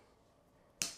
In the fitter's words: you can see, it snaps right into place. It's nice and secure.